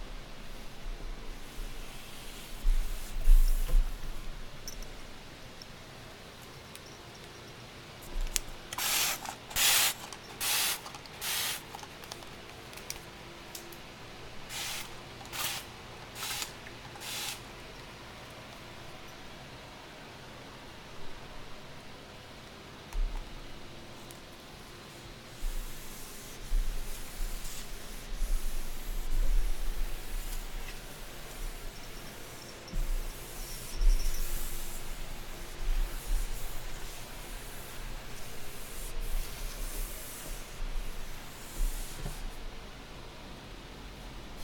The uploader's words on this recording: ASMR soundscape triggers candle dressing, shuffling, and cutting sounds.